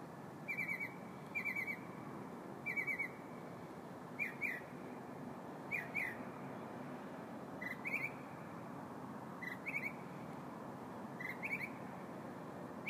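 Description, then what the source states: Bird song of short chattering, slurred phrases near the same pitch, repeated roughly every one to two seconds, with constant background hiss. Recorded in the morning, 4 February 2015.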